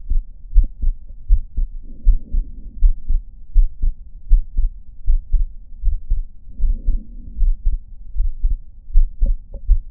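Regular low thumping heartbeats of an adult at about 79 beats a minute, with paired first and second sounds through a stethoscope. Two brief stretches of soft rumbling noise rise and fade between beats, breath or handling noise.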